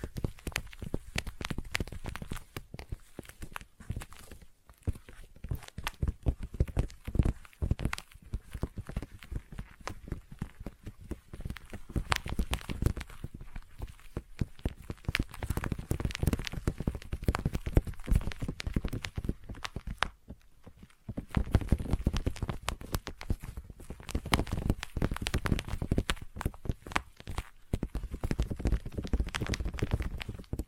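Intense sticky tapping and sticky triggers run through the whole recording as a dense, fast patter of small taps and tacky clicks, mostly low and thudding with some brighter edges. The rhythm stays busy and irregular, with a brief near-silent gap around twenty seconds.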